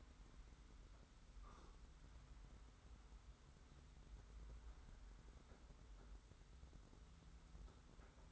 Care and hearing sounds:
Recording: daily activity, microphone in the room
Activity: wipe stove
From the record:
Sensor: 3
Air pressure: 991.5 hPa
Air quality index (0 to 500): 147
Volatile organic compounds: 445 ppm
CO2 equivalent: 4742 ppm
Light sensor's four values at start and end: 51/139/56/50 and 51/139/57/50

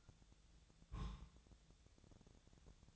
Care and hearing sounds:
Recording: daily activity, microphone in the room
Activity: place on stove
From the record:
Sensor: 3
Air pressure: 999.3 hPa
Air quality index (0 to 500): 195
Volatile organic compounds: 42 ppm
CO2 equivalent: 3182 ppm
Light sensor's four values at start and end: 8/18/7/7 and 8/18/7/7

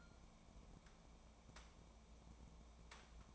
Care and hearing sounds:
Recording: daily activity, microphone in the room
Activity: take from stove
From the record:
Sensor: 1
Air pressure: 1000.0 hPa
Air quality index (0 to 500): 133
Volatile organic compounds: 2 ppm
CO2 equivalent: 1265 ppm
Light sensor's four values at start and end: 43/108/46/57 and 43/108/46/57

